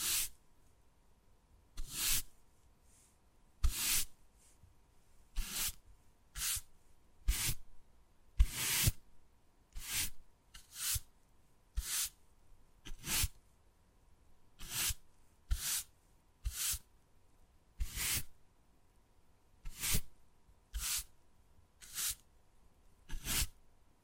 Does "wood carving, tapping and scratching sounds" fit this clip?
yes